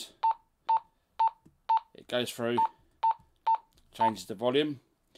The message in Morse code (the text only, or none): none